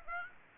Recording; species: mosquito wingbeat signal from an infrared sensor; Aedes aegypti